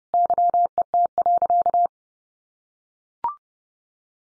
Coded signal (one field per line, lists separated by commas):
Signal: Morse code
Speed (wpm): 30 wpm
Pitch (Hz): 700 Hz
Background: none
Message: YET.